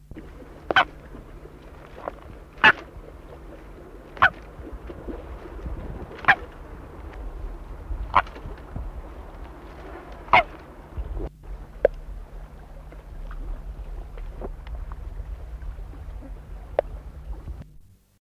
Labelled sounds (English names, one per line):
Goliath Heron call